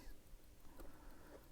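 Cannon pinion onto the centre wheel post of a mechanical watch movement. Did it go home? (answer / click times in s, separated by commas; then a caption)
no / none. A cannon pinion is gripped with tweezers on either side and lined up over the centre wheel post of a Seiko 6309 mechanical watch movement, just before it is pushed down. Only a quiet, steady broadband hiss with faint soft handling rustles is heard. Nothing has been pressed on or clicked into place yet.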